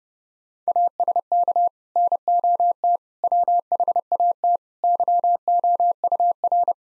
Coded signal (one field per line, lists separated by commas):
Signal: Morse code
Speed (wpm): 30 wpm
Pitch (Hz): 700 Hz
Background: none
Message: ASK NOT WHAT YOUR